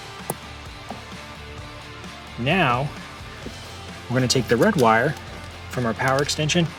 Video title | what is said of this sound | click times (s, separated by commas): Installation - 2017-2022 Ford Super Duty Bed Lighting Kit - Starkey Products | Give it a firm squeeze. You're going to hear it snap. | 0.3 s